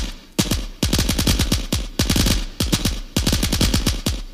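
gunshots being fired

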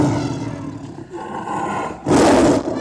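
big cat roaring

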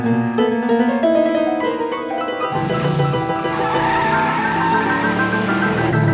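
car driving off

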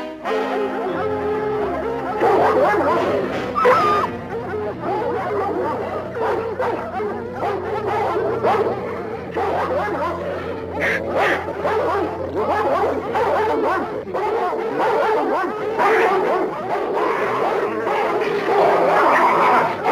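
dog barking and yipping

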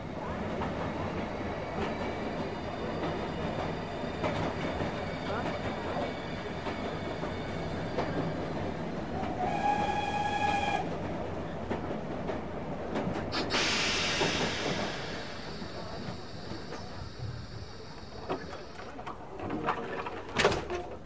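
train

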